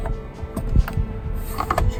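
During an LED headlight conversion on a Jeep JL, the wiring harness connector is plugged back onto a Cougar Motor H13 LED headlight bulb. Scattered handling clicks and low thumps lead into a quick cluster of sharp clicks, the loudest at 1.7 s. That snap is the connector seating fully onto the bulb.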